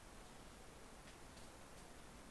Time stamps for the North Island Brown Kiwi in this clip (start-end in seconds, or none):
none